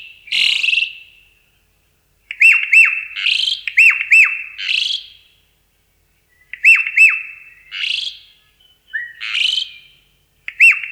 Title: Jalak Uren